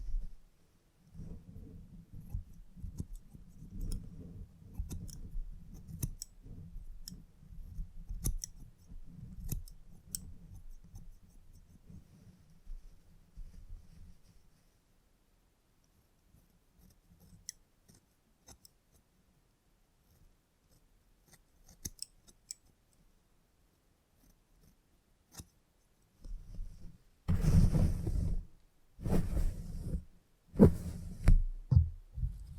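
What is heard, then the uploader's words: Scissors snip and click through a salon haircut, with a soft low rustle under quick, irregular cuts for the first fifteen seconds. After a sparse, mostly quiet stretch with scattered snips, loud bursts of buzzing, brushing noise arrive in short pulses from about 27 seconds. Salon Haircut Head Massage, Scissors and Clipper.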